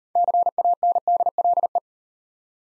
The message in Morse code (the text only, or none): CANDLE